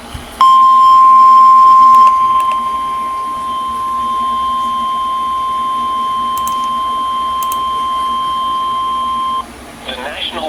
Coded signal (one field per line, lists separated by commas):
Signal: Emergency Alert System (SAME) tones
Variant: 1050 Hz attention tone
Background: speech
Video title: Severe Thunderstorm Warning with PING PONG BALL SIZED HAIL [EAS #374]